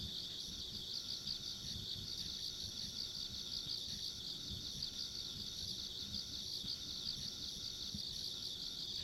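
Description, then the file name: Steady insect chorus: many rapid high chirps blending into a constant trilling band, with a quieter high whine and low ambient noise. Ambient insect sounds along a country road. "田舎道の虫の環境音"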